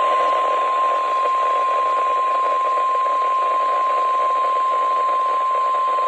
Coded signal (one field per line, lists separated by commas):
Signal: Emergency Alert System (SAME) tones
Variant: 1050 Hz attention tone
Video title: EAS 47: RWT for the week of June 14 2021